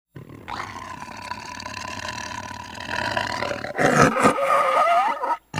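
Tiger giving a long sustained growl with a droning, harmonic tone that grows harsher and louder near the end.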